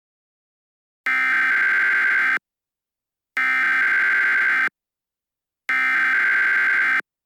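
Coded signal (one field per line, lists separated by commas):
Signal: Emergency Alert System (SAME) tones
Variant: header bursts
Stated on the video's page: Fictional EAS mock alert about SCP creatures on a rampage.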